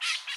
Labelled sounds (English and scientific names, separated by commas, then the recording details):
Brown-throated Parakeet (Eupsittula pertinax) contact call
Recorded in Curacao
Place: just S of Landhuis Groot St. Joris
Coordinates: 12.116, -68.830